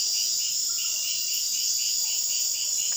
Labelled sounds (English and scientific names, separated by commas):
none